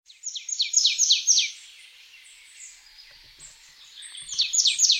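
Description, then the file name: Marsh tit calls, a fast run of buzzy high chattering notes, a quieter gap, then another rapid burst at the end. "Poecile palustris"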